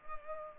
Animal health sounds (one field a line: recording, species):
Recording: mosquito wingbeat signal from an infrared sensor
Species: Culex pipiens